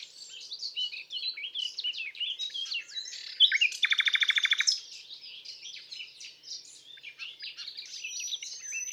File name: Rossignol philomele